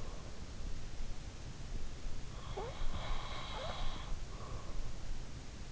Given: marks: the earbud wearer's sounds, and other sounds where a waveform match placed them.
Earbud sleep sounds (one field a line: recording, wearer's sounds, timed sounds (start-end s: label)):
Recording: sounds in sleep by an in-ear microphone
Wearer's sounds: breath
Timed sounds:
2.08-5.37 s: breath